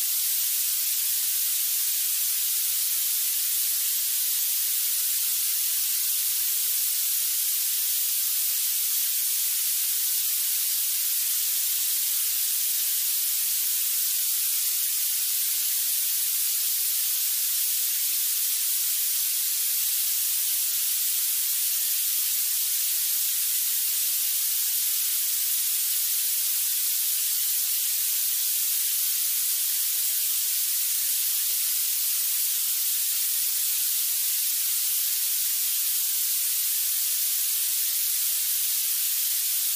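Violet noise: a steady, unchanging hiss weighted heavily toward the highest pitches, sharp and thin like spraying steam, with almost no low end.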